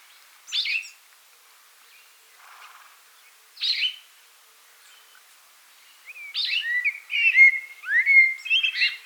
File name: blackbird